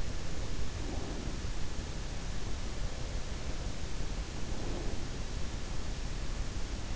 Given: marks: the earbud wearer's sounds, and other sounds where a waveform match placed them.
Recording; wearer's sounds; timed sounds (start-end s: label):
sounds in sleep by an in-ear microphone; breath
0.83-1.57 s: breath
2.68-5.25 s: sound from someone else or the room
4.37-5.25 s: breath